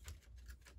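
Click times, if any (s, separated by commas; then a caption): none. The arm of a plastic Diaclone DA-65 Battle Convoy V-Max transforming robot toy is folded up and pressed toward its stowed, locked position on the body. Light plastic ticks and handling taps are heard, sharpest around 0.1 s and 0.5 s. Nothing has snapped into place or seated yet.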